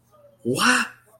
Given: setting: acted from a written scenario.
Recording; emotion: vocal sound without words; positive surprise